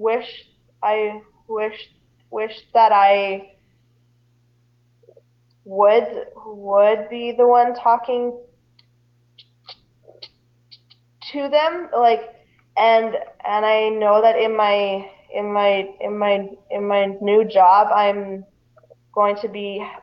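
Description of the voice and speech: Adult woman who stutters speaking, with repeated words and phrases, prolonged sounds and long silent blocks, typical of stuttering.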